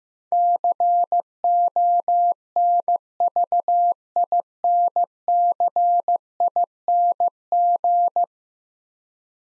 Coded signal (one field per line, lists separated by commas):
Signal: Morse code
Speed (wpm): 15 wpm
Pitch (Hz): 700 Hz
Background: none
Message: CONVINCING